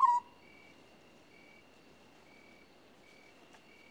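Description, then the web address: African scops owl purring trill cut short at the very start, then only regular high insect chirps and a thin continuous whine. "BBC Sound Effects Library - Animals and Birds African Scops Owl"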